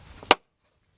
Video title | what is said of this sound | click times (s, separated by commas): How to Change the Transmission Fluid and Filter in a 2005 Dodge Grand Caravan Ultradrive A604 41TE | and then it just snaps into place | 0.3 s